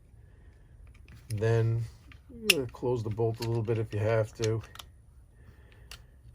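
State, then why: Seated. A bolt shroud is fitted onto the bolt of a New Haven Model 740 T rifle: the firing-pin piece is pushed in, the shroud is lifted and the bolt is closed a little, with the shroud having to sit on top of it. Someone talks over faint small handling taps, then after the talk stops a single sharp click is heard at 5.9 s. The bolt shroud is seated, clicked into place.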